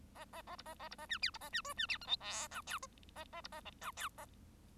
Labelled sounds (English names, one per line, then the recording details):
Bengalese Finch song
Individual Bird1